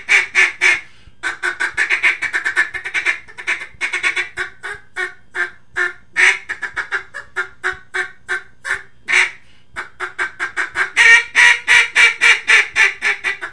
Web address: Duck -Mallard